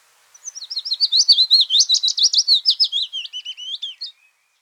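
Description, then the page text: Willow warbler song: a soft, sweet phrase of slurred whistled notes that starts high and cascades gradually downward over about four seconds, ending in a few lower flourishes. "Willow Warbler Song. Quick Sounds"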